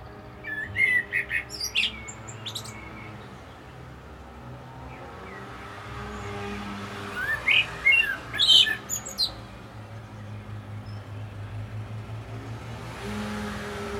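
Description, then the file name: Common blackbird song in two bursts of short whistles and high twitters, set against a steady low background rumble. "Turdus merula"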